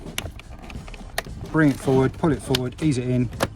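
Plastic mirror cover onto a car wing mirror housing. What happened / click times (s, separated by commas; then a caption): The cover is being handled and has not yet clicked home / none. A plastic wing mirror cover is handled, pulled forward and eased onto the wing mirror housing of an Audi A3, with a few sharp plastic taps near 0.2 and 1.2 seconds and softer knocks in between. Someone talks from about 1.5 seconds. Nothing has seated or clicked yet by the end.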